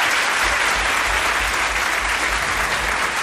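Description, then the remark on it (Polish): An audience at a live band performance applauds steadily for the band's DJ, a dense wash of many hands clapping at an even, sustained loudness with no voices rising above it. “Poproszę dla niego oklaski.”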